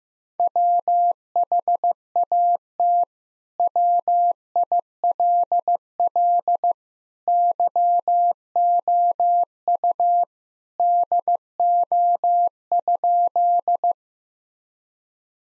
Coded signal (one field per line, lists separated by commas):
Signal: Morse code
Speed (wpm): 15 wpm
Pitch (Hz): 700 Hz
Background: none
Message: WHAT WILL YOU DO?